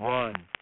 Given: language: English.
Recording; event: throat vibration sensor signal played as sound; speech